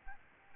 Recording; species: mosquito wingbeat signal from an infrared sensor; Aedes albopictus